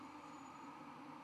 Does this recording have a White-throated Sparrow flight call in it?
no